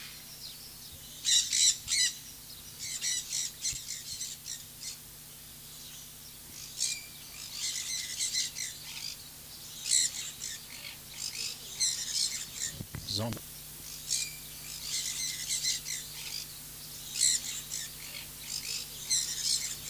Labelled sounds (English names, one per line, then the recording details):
Sun Parakeet call
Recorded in captivity
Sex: group
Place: Zoo Leipzig, Sachsen, DE
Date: 2003-10-01 14:26
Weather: heiter, 14°C
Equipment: Fair Mate ST-1328 (Asahi Electronics, Japan), Sennheiser ME 80, Kopie Uher 4000 Report Monitor
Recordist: Tembrock, Günter